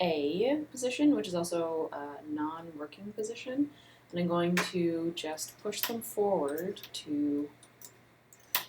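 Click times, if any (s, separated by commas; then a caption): 8.6 s. Someone talks while metal knitting machine needles are pushed by hand from the back non-working position all the way forward into D position on the needle bed. Faint taps are heard near the end, and the needles click into place at 8.6 s, seated in the forward position.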